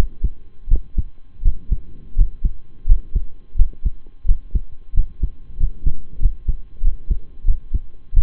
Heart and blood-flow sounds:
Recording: heart sounds by stethoscope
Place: between the tricuspid and mitral areas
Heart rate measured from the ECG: 89 bpm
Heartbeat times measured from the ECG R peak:
0.68 s: heartbeat
1.42 s: heartbeat
2.15 s: heartbeat
2.85 s: heartbeat
3.55 s: heartbeat
4.25 s: heartbeat
4.93 s: heartbeat
5.57 s: heartbeat
6.19 s: heartbeat
6.81 s: heartbeat
7.45 s: heartbeat
8.13 s: heartbeat
From the record:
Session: rest, lying down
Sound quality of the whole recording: partially saturated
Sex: male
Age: 25 years

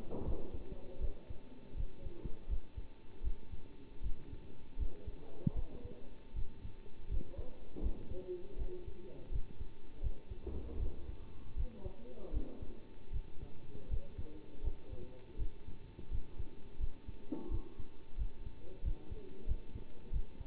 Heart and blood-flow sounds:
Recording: heart sounds by stethoscope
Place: between the tricuspid and mitral areas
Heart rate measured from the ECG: 82 bpm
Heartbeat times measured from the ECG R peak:
0.25 s: heartbeat
1.00 s: heartbeat
1.76 s: heartbeat
2.48 s: heartbeat
3.23 s: heartbeat
4.02 s: heartbeat
4.78 s: heartbeat
5.55 s: heartbeat
6.34 s: heartbeat
7.09 s: heartbeat
7.82 s: heartbeat
8.57 s: heartbeat
9.31 s: heartbeat
10.02 s: heartbeat
10.78 s: heartbeat
11.56 s: heartbeat
12.32 s: heartbeat
13.12 s: heartbeat
13.89 s: heartbeat
14.63 s: heartbeat
15.38 s: heartbeat
16.10 s: heartbeat
16.79 s: heartbeat
17.50 s: heartbeat
18.17 s: heartbeat
18.83 s: heartbeat
19.47 s: heartbeat
20.12 s: heartbeat
From the record:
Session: bicycle stress test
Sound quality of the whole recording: good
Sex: male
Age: 27 years

